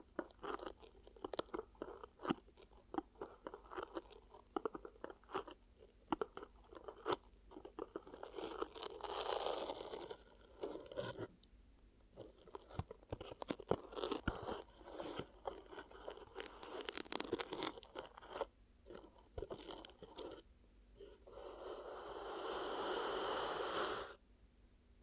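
ASMR ear cupping, heard as a dense run of sharp crunchy, crackling taps and rustles that come in quick irregular bursts. Longer hissing swells rise around 8–10 seconds and again from about 21 to 24 seconds, with a faint low hum underneath.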